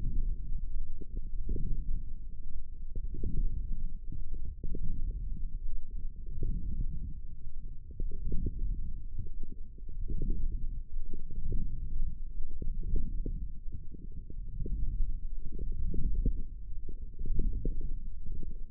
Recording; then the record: forearm muscle sounds (acoustic myography)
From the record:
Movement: forearm supination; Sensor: system 1, eight BSWA MPA416 microphones around the upper forearm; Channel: 5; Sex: female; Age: 22 years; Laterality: right